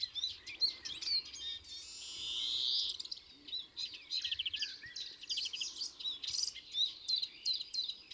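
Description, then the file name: European greenfinch twittering song, quick chirps and trills with one long nasal buzzy wheeze in the middle, continuing in short bursts to the end. "Chloris chloris"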